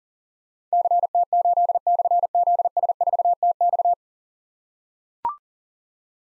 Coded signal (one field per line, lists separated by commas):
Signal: Morse code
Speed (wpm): 39 wpm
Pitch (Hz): 700 Hz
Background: none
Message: CT8/ZS4TX